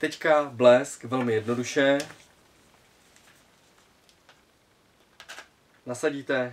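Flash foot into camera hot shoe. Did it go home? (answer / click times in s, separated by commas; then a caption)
no / none. Someone talks while a Canon 580EX II flash is lined up with the camera's hot shoe and its foot is slid into it, with only small, faint handling taps heard in the quieter stretch between the speech. The flash has not locked or clicked into place yet.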